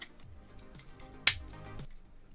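The plastic cover of a wall switch, turned the other way around, is pressed back onto the switch body and snaps into place with one sharp, loud click at 1.3 s, confirming it is seated. Softer, quieter sounds and a low background hum fill the rest of the clip.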